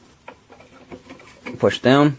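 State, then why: Not seated. A second RAM stick is lined up in a motherboard memory slot before being pushed down, with faint handling taps around 0.3, 0.9 and 1.5 s. Someone talks toward the end. The stick has not seated or clicked yet; this is positioning only.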